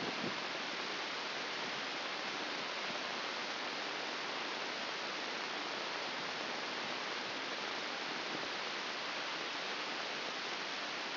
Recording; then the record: brain microelectrode recording played as sound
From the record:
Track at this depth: outside the subthalamic nucleus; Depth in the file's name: 4.898 mm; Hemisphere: left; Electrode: 2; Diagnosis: Parkinson's disease